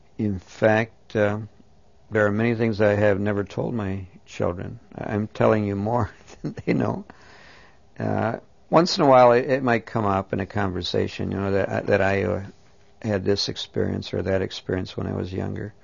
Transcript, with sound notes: In fact, there are many things I have never told my children. I'm telling you more than they know. (He laughs.) Once in a while it might come up in a conversation, you know, that I had this experience or that experience when I was younger,